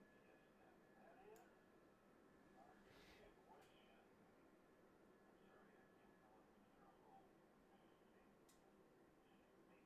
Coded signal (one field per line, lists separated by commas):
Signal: FT8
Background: speech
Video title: Sunday Ragchew & Digital QSOs! Ep. 2